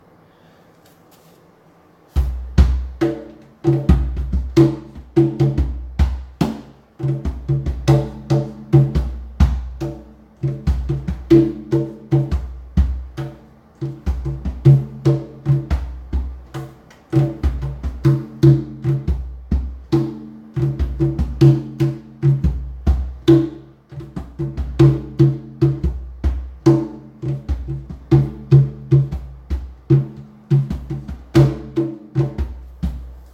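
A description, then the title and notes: A hand drum is played in a fast, steady rhythm after about two seconds of near silence. Each stroke rings with a deep, booming tone and a sharp slap on top, with brief pauses near 7, 10 and 23 seconds. Playing around wirh a new and awesome Hawaiian drum.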